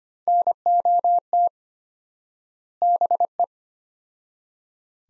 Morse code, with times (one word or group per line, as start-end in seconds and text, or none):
0.3-1.5 NOT
2.8-3.4 BE